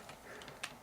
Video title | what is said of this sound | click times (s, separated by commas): Transformers Age of Extinction Voyager Class Slog Review | and basically what's going to happen is that these pieces are gonna snap into place | 0.6 s